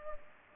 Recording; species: mosquito wingbeat signal from an infrared sensor; Culex pipiens